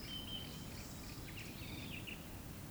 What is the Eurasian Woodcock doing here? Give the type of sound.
whistle